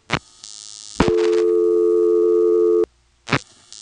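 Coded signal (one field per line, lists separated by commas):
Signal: telephone call progress tone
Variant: North America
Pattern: dial tone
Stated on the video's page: Step-by-step telephone exchange with directors, Elizabeth City NC area, 1977.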